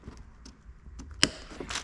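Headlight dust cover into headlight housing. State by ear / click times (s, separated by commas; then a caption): seated / 1.2 s. The repaired dust cover, its broken bracket tang replaced with a piece of welding wire, is pushed back into the headlight housing of a 2000 Mercedes S500. Faint handling taps come first, then the wire tang gives one sharp click at 1.2 s, followed by brief rustling. The cover is seated and its seal is tight.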